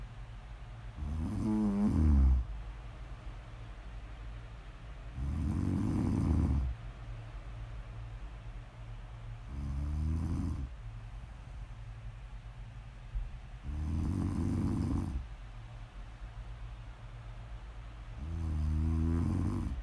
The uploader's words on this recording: Please enjoy some prime ASMR snoring.